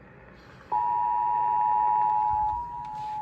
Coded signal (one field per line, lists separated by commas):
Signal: Emergency Alert System (SAME) tones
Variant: 853 and 960 Hz attention tone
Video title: The rest of April’s scrimmage - EAS Alerts from Mid-Late April and early May [EAS #859-907]